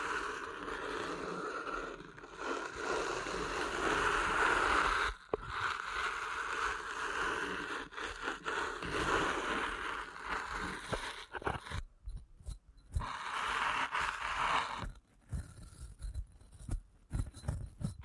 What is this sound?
ASMR Deep Ear Canal Massage